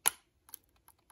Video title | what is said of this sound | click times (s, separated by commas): 2012 MacBook Pro RAM and SSD Upgrade | just gently push it until it clicks | 0.1 s